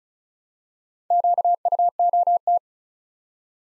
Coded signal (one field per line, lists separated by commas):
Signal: Morse code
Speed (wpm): 34 wpm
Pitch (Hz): 700 Hz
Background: none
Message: QUOT